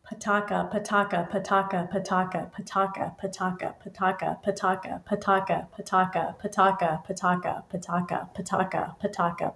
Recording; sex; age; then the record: repeated syllables /pa ta ka/; female; 40 to 49 years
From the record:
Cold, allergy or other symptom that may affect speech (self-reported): no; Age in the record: 48 years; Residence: Georgia, United States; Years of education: 13